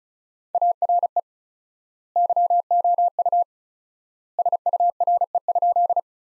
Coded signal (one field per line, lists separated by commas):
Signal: Morse code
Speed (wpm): 36 wpm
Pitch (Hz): 700 Hz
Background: none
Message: ARE YOU SURE?